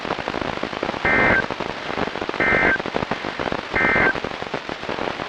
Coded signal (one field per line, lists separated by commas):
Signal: Emergency Alert System (SAME) tones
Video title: EAS #1099-#1101: Virginia & West Virginia Statewide Tornado Drills | KHB36 & WXM42